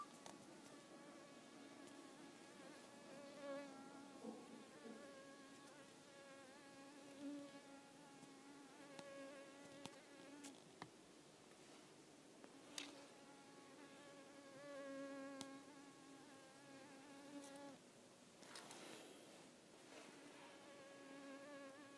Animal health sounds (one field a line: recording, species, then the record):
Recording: mosquito flight sound by mobile phone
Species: Culiseta incidens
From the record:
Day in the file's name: 4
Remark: blood-fed, one hour after the blood meal